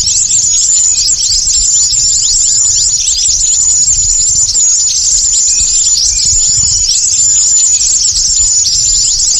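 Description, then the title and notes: Birds twittering densely, a constant wash of shrill chirps and swept notes with a high piercing whistle woven through the whole stretch. Lure calls for attracting stubborn, wary birds that are hard to approach. "Suara Burung Bandel Yang Susah Mendekati. Kompilasi Suara Pikat Burung"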